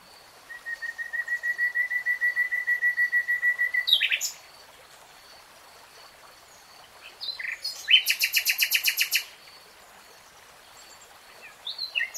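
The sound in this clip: Nightingale song: a long series of even pulsing notes, a short burst, a pause, then a loud rapid rattling trill and scattered chirps.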